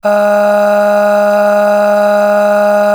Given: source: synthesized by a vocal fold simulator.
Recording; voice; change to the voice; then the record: sustained vowel; female; aspiration noise (breathiness), level 8 of 10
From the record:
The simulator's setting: 2.24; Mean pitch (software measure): 206 Hz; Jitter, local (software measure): 0.83%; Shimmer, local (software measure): 9.2%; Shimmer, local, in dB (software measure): 0.80 dB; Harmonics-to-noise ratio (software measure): 16.2 dB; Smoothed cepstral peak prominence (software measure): 12.5 dB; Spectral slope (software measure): -21.1 dB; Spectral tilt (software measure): -7.4 dB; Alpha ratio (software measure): -11.6 dB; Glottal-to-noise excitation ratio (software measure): 0.807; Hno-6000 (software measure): 1.9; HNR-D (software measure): 36.0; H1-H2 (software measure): 5.9 dB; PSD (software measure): 3.1e-05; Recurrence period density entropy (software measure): 0.119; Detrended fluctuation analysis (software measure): 0.0276